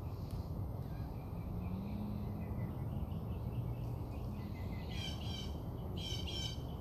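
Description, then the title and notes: Bird calls, faint chirps early on, then two harsh buzzy bursts near the end over a strong low droning background. Birds singing outside the recordist's house. "Bird Songs Part Two. More bird songs outside my house"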